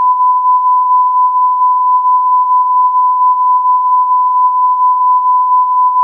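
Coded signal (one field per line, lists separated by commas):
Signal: radio time signal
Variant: Beta (RJH69)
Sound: a single steady, unbroken tone around 1 kHz lasting six seconds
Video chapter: 00:06 : Unmodulated carrier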